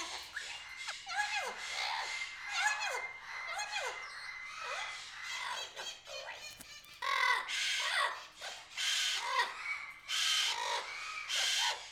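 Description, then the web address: Aviary birds calling together, a dense chorus of harsh squawks and repeated down-slurred whistles, with louder bursts of screeching toward the end. "Epidemic Sound Albums. Aviary Birds"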